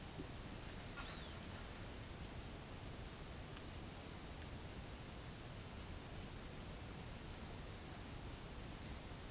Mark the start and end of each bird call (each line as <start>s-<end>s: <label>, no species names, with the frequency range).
0.94s-1.33s: bird call (0.6-4.3 kHz)
3.93s-4.39s: bird call (4.4-7.5 kHz)